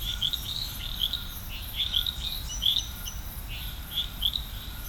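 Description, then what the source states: Frogs calling together in bright, high chirping notes, several overlapping and repeated, over a steady hiss and low background rumble. Frog chorus recorded at Serrinha do Alambari, Brazil.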